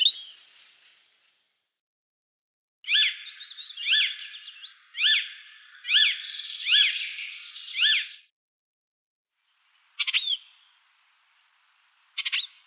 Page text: Пересмешка зелёная. - Голоса птиц.